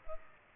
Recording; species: mosquito wingbeat signal from an infrared sensor; Culex pipiens